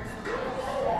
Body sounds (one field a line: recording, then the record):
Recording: background sound without coughing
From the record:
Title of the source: 60 minutes of coffee shop sounds for study and concentration